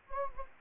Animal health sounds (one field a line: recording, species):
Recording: mosquito wingbeat signal from an infrared sensor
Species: Anopheles gambiae